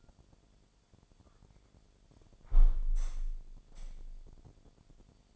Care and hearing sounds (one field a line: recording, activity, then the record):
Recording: daily activity, microphone in the room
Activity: close window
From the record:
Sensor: 5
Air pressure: 1006.6 hPa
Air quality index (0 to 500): 192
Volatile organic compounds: 5 ppm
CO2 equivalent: 1829 ppm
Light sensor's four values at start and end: 57/162/63/64 and 57/161/63/64